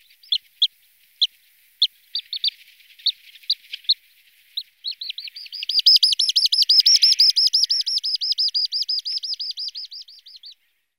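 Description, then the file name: Little stint calls: a few sharp, high, spaced notes, then a fast, even series of arched, high-pitched chirps lasting several seconds before fading. "gambecchio"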